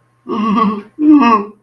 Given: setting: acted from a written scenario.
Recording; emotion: vocal sound without words; negative surprise